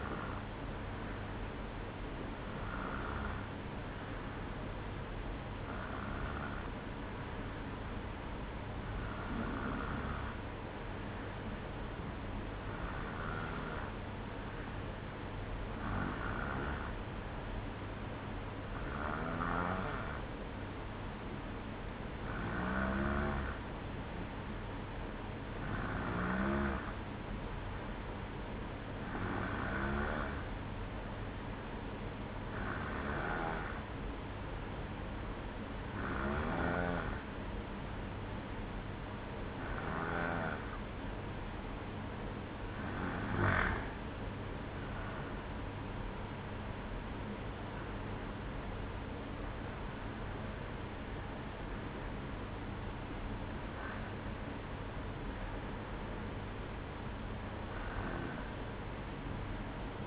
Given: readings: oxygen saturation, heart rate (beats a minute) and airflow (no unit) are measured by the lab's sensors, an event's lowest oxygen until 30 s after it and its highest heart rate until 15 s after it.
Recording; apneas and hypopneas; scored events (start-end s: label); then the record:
breathing in sleep by a voice recorder at the bedside; 1
26.00-41.30 s: hypopnea (N2, oxygen 93% highest, then 92% lowest, heart rate 60 at the start, 66 highest)
58.00-60.07 s: new sleep stage, N1 (lightest sleep)
From the record:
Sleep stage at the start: N2 (light sleep); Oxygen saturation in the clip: 92 to 94%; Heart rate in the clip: 57 to 66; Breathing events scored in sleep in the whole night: 305 in 9.6 hours asleep